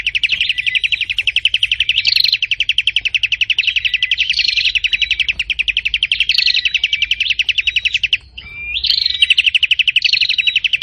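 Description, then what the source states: Prinia song: a fast, steady stream of sharp, high chirps, several a second, with brief whistled and rising notes woven in and a short break near the end. Described as singing very intensely and constantly ('gacor parah').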